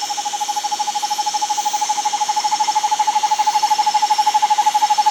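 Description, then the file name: Bird trill, a long unbroken run of fast, evenly spaced mid-pitched notes at a constant pitch, running through the whole stretch against a faint hiss. "SABIOD 50 bird 2015"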